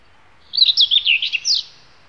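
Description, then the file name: Common whitethroat song: one brief, scratchy, jumbled warble of quick high notes lasting just over a second. "Sylvia Communis Slavka Gray"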